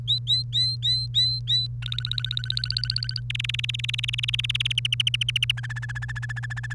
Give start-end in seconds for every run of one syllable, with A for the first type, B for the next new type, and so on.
0.07-1.67 A, 1.82-3.20 B, 3.30-4.72 C, 4.78-5.51 D, 5.57-6.74 E